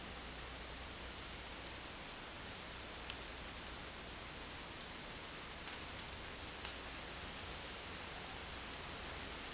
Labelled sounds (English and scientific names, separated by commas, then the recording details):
none
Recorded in dense forest near Puerto Asís, Putumayo, Colombia, on 20 December 2024 at 12:30
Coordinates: 0.485, -76.318
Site GP03